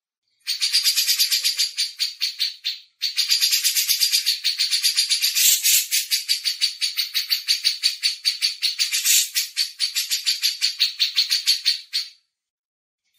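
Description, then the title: Grey-cheeked bulbul delivering a long, fast rattling trill of harsh pulsed notes lasting over ten seconds, with one short break near the start. Masteran audio, a recording played to train songbirds. "MASTERAN CUCAK JENGGOT"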